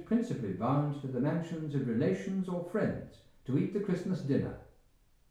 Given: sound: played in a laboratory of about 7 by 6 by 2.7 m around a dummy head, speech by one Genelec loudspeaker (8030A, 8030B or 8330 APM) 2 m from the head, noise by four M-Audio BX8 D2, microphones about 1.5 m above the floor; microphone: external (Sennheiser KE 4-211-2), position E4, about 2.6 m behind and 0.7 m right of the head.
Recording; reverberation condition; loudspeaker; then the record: male speech in English; medium; behind (180 degrees)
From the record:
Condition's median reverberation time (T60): about 510 ms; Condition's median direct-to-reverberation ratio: about -0.5 dB